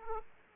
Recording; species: mosquito wingbeat signal from an infrared sensor; Aedes aegypti